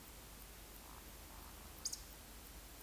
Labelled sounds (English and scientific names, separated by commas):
Eurasian Woodcock (Scolopax rusticola) whistle, Eurasian Woodcock (Scolopax rusticola) croak